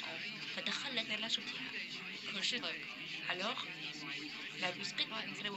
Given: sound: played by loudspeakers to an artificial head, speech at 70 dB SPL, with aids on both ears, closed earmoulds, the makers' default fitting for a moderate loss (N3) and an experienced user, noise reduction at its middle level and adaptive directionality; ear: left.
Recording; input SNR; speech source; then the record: speech test signal (ISTS) in cocktail-party noise; 0 dB; in front (0 degrees)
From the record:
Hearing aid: class 1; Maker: D